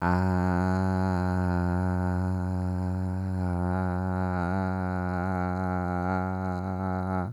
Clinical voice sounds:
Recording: sustained vowel /a/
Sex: male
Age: 30 to 39 years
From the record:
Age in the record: 30 years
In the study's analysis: included

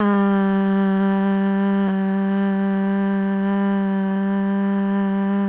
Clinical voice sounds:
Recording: sustained vowel /a/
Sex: female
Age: 30 to 39 years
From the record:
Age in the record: 30 years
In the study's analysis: included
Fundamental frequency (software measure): 196 Hz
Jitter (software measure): 0.44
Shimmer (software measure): 0.71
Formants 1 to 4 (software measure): 839 Hz, 1706 Hz, 2994 Hz, 4257 Hz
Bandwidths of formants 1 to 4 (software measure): 243 Hz, 226 Hz, 348 Hz, 432 Hz

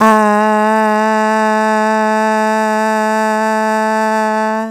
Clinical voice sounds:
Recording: sustained vowel /a/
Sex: female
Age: 40 to 49 years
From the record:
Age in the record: 42 years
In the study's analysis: included

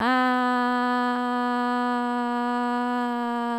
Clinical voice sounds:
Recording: sustained vowel /a/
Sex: female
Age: 20 to 29 years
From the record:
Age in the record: 21 years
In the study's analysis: included

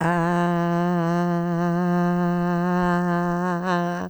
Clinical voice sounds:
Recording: sustained vowel /a/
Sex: female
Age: 70 to 79 years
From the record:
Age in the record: 70 years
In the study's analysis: included

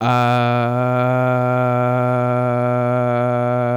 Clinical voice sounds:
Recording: sustained vowel /a/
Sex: male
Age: 18 to 19 years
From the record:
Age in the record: 18 years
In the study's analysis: included

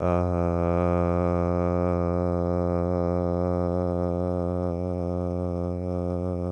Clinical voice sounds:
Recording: sustained vowel /a/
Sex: male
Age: 20 to 29 years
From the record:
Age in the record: 20 years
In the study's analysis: included

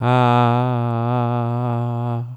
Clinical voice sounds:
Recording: sustained vowel /a/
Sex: male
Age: 70 to 79 years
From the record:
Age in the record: 71 years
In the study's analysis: included

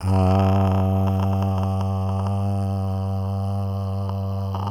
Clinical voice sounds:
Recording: sustained vowel /a/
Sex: male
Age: 60 to 69 years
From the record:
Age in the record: 62 years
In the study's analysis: included

